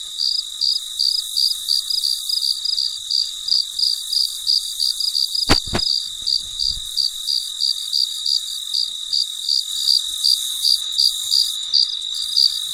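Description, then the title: Cricket chirping in regular rapid pulses over a high insect drone, interrupted midway by two brief sharp clicks. Late at night, in deep quiet. "深夜录制蟋蟀昆虫声"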